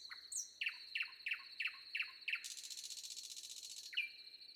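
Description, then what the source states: Common nightingale song: a string of six sharp repeated notes, a dry rattling buzz, then a held whistle, over the steady whine of crickets. Recorded with crickets.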